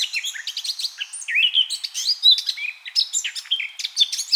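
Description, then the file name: Eurasian blackcap song, a fast, dense warble of chirps, slurred whistles and rising and falling notes running without pause. "Sylvia atricapilla"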